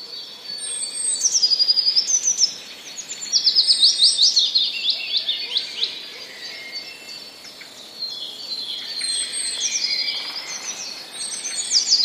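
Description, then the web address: Willow warbler song, short sweet phrases of whistled notes sliding downward, with other birds chirping at the same time. Recorded 2 May 2013, singing against sparrows. "wroblowe kontra piecuszek 02 05 2013"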